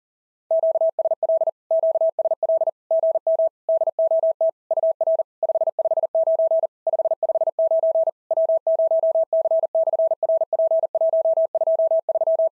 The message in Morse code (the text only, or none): QSL QSL GM DOT UR 559 559 W0C/RP123